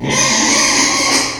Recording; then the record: squeal of a Yucatan mini pig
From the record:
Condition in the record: before surgery on the right vocal fold (resection and tissue-engineered implant); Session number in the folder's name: 2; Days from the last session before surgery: 0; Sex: male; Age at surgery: 12 weeks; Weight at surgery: 13 kg